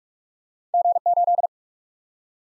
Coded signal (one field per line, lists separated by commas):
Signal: Morse code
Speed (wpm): 46 wpm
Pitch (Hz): 700 Hz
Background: none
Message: G8